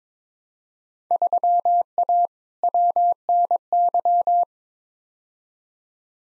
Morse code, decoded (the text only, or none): 3A WNY